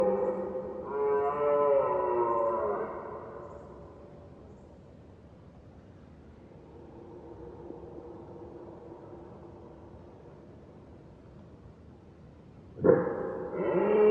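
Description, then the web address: Red deer roars: a harmonic groaning bellow for about three seconds, a long stretch of faint background hum, then a sudden loud roar starting near the end. Red deer recorded at far distance, mid-side stereo recording. "Ivo Vicic - Red Deer and Roe Deer"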